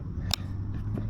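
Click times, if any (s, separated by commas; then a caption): 0.3 s. A plastic retaining clip is pressed into the fin box of a Roc Outdoors inflatable kayak to secure the fin. A single sharp click rings out at 0.3 s over a steady low hum, followed by a faint softer tap near 1.0 s. The clip is seated, locking the fin in its box.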